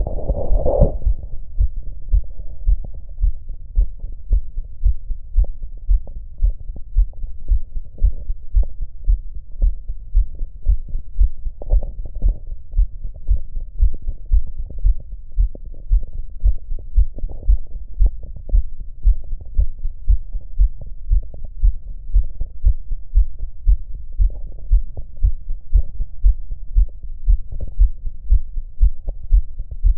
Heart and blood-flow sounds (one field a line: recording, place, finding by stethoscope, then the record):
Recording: heart sounds by stethoscope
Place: mitral valve (MV)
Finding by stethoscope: normal heart sounds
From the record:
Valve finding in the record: mitral regurgitation, grade 2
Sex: female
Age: 53 years